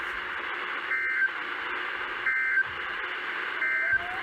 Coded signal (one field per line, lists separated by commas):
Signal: Emergency Alert System (SAME) tones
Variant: end-of-message bursts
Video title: South Dakota mocks Tennessee... AGAIN... EAS Alerts from 11/4/20-11/25/20 (EAS #405-410)